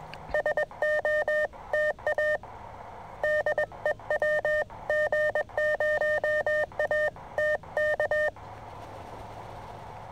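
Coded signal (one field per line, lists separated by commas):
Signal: Morse code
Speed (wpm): 22 wpm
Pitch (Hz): 610 Hz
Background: none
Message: SOTA DE WG0AT K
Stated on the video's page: SOTA contact from a mountain summit with another SOTA operator, sent by an operator new to Morse.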